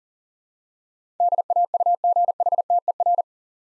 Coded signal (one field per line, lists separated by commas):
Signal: Morse code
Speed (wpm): 37 wpm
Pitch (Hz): 700 Hz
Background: none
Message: DAUGHTER